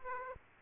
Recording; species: mosquito wingbeat signal from an infrared sensor; Aedes aegypti